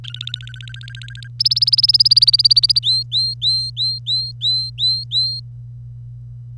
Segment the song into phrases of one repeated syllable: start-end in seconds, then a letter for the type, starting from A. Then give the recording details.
0.04-1.28 A, 1.40-2.79 B, 2.83-5.40 C. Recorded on 25 April 2018 at 08:11. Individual llb3